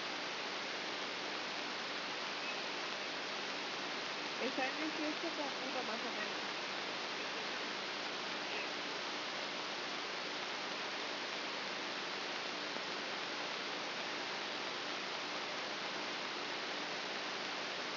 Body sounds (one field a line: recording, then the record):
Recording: brain microelectrode recording played as sound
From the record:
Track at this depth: outside the subthalamic nucleus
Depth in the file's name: 6.64 mm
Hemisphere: right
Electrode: 2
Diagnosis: Parkinson's disease